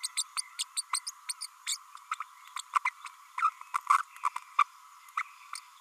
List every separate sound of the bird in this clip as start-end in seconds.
0.03-0.08, 0.16-0.23, 0.36-0.41, 0.59-0.64, 0.77-0.83, 0.93-0.99, 1.06-1.11, 1.28-1.33, 1.40-1.46, 1.67-1.77, 2.11-2.15, 2.20-2.23, 2.56-2.61, 2.75-2.78, 2.85-2.90, 3.38-3.50, 3.74-3.78, 3.90-3.98, 4.23-4.29, 4.58-4.63, 5.17-5.23